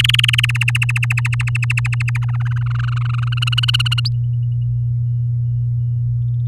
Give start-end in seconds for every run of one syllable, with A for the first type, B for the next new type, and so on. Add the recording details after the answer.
0.00-0.51 A, 0.54-2.18 B, 2.22-3.39 C, 3.42-4.00 D. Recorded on 6 May 2018 at 12:37. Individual llb16